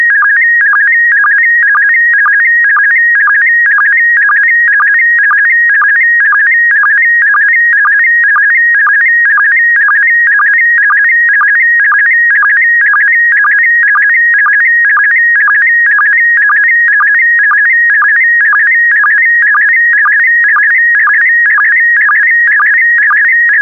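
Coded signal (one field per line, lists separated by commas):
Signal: SSTV (slow-scan television)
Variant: PD120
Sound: continuous warbling tone with a short low blip twice a second, throughout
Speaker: complete. You can now check your decoded image against the picture that is shown on the video.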